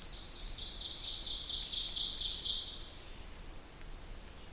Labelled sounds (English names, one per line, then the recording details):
Ovenbird song
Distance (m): 30 m
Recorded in boreal forest in Alberta, Canada, on 2 June 2016 at 06:50
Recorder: SongMeter 3, array SBT-3-7
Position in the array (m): 332 m, 114 m
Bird 44